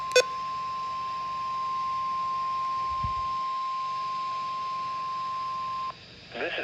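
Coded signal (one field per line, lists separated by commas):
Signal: Emergency Alert System (SAME) tones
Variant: 1050 Hz attention tone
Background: speech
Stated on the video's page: Routine weekly EAS test.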